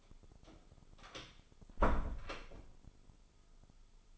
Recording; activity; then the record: daily activity, microphone in the room; close door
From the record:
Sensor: 5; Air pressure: 996.3 hPa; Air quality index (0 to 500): 40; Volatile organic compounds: 1 ppm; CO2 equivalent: 636 ppm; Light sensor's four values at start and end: 43/100/41/44 and 43/100/41/44